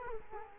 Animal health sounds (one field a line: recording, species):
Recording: mosquito wingbeat signal from an infrared sensor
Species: Culex quinquefasciatus